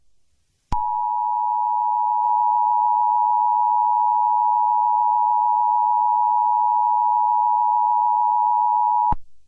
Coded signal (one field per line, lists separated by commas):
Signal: Emergency Alert System (SAME) tones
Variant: 853 and 960 Hz attention tone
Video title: EAS Scenario #7: The Chameleons Dominance (Kung Fu Panda)